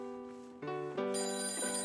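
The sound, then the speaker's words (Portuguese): A telephone rings with a bright, steady electronic tone that steps up in layers and grows louder partway through, sustained for about two seconds with no one talking. “Telefone, telefone. Eu atendo.”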